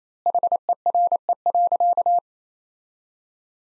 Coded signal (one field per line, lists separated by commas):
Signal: Morse code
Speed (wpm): 28 wpm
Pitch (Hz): 700 Hz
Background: none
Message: HERE.